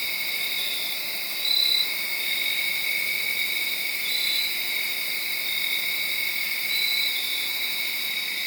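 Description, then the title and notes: Crickets chirping in a continuous chorus, with louder pulsed chirps recurring every two to three seconds over the steady trill. Made around midnight, late Saturday night into Sunday morning, under a tree in Sharon, Pennsylvania. "Crickets (field recording). late on Saturday night/Sunday morning. The location was in Sharon, Pennsylvania, under a tree"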